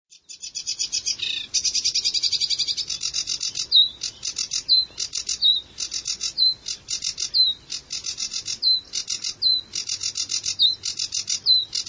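Bird giving high, rapid pulsed chirping phrases, most ending in a short down-slurred note, repeated in a steady series.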